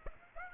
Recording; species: mosquito wingbeat signal from an infrared sensor; Aedes aegypti